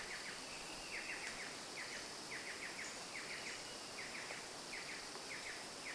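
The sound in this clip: Bird chirps: quick descending notes in tight pairs and triplets repeat irregularly, roughly once a second, above a continuous hiss.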